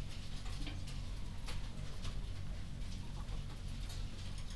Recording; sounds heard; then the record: poultry house recording; healthy chickens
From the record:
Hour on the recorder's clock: 0